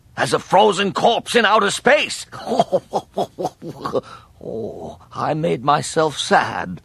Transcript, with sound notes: As a frozen corpse in outer space! *chuckles* Oh...I made myself sad.